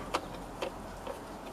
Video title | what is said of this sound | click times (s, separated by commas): Review Flymo PowerVac 2700 Garden Blower and Vacuum System | so once that's done up you can hear it click | 0.2 s